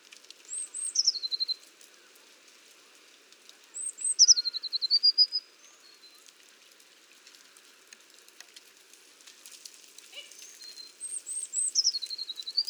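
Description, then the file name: Eurasian blue tit calls: three high, thin phrases each falling into a quick trill, spaced several seconds apart, over faint background noise. "Cyanistes caeruleus"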